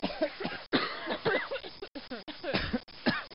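About five harsh, partly voiced adult coughs in quick succession, a sound effect from a 1996 library of everyday sounds.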